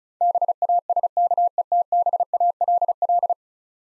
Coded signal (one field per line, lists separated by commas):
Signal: Morse code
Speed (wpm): 34 wpm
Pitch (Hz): 700 Hz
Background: none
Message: BASKETBALL